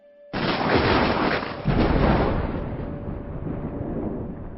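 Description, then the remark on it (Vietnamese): A sudden loud crack of thunder outside bursts in, followed by a second boom and a deep, sustained rumble that gradually fades. No one speaks. “Tuy biết rõ là cậu ta đang nói nhăng nói cuội, nhưng bây giờ tiếng sấm ngoài trời đang nổ liên hồi, trong tòa lũy cổ hoang phế lại âm u tối tăm, thành thử ai nấy đều căng thẳng sợ hãi.”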